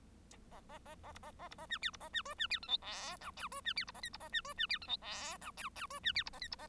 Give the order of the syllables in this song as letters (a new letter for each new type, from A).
A A A A B A A B A C D B A C E C D F G H I J E C D B A K B A C E C D F G H I J J E C D B A K B A